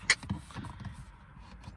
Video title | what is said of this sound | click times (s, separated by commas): Steering wheel and cluster swap on the tC 😎 | go really slow with it oh it's not all the way in yet you see there we go now it clicks | 0.1 s